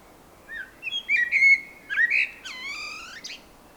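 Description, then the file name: Common blackbird giving a rich warbled phrase of fluty notes that rise and fall, finishing with a longer, softer, slightly falling note. "Turdus merula"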